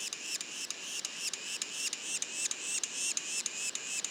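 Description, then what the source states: Yellow-bellied sapsucker juveniles giving a continuous run of nasal rising notes, about three per second, over a light background hiss. Juveniles, Mont-Orford National Park, Quebec, Canada; mono recording.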